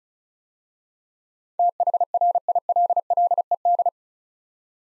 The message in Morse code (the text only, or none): THRILLED